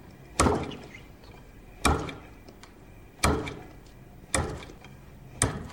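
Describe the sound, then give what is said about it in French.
A lever hole-punch press, a metal tool with a lever that is turned to lower the handle and make holes, punches metal five times at a steady pace: each stroke is a loud, sharp clunk with a brief ringing tail, and nobody speaks. “C'est une pièce en métal, en fait, avec un levier qu'on tourne et qui permet d'abaisser, en fait, la manivelle et donc de faire des trous.”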